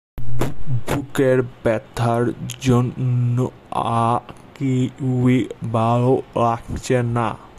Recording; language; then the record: elicited speech; Bengali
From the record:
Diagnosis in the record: Broca's or global aphasia after a stroke